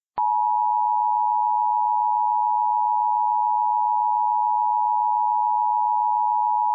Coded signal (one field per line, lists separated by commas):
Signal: Emergency Alert System (SAME) tones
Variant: 853 and 960 Hz attention tone